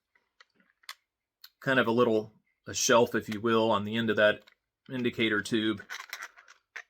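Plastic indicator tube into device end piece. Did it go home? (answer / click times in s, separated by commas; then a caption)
yes / 6.8 s. A plastic indicator tube is pressed onto the shelf on the end of a device's end piece while someone talks. A few faint ticks come early, then a sharp click at 6.8 s as the tube snaps into the end piece and seats.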